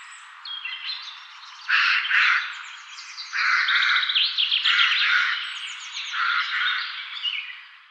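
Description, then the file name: Eurasian jay giving harsh, rasping screeches in several short bursts, with higher whistled and twittering notes. "Garrulus glandarius"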